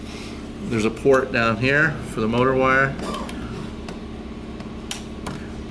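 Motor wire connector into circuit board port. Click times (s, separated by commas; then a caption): 4.9 s. Someone talks about a port for the motor wire, then the motor wire connector is pushed into its port on the circuit board. Several faint handling ticks lead up to a sharp click at 4.9 s as the plug seats, followed by a softer tick.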